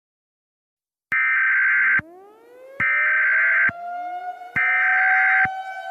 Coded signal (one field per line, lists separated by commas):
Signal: Emergency Alert System (SAME) tones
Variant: header bursts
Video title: EAS Scenario #31 A Choppy Moment